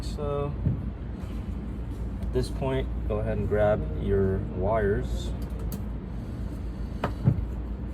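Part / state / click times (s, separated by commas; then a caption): fuel pump into fuel tank pump housing / seated / 7.0 s. A main fuel pump is pushed into its housing in the fuel tank pump assembly of a Mercedes C55 AMG (M113) while someone talks over a low background hum. A sharp click at 7.0 seconds marks the pump seating in its holder.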